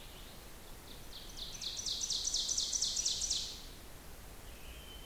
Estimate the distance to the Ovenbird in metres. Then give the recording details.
about 45 m. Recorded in boreal forest in Alberta, Canada, on 16 June 2016 at 07:02. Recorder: SongMeter 3, array SBT-3-32. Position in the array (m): 163 m, 36 m. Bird 36